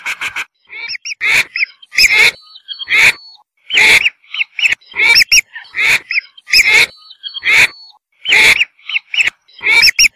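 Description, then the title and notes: Whistling duck calls: repeated whistles with harsh, sharp onsets, coming in an uneven stream throughout. "Kicau Burung Belibis"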